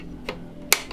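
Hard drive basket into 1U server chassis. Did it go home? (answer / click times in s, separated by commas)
yes / 0.7 s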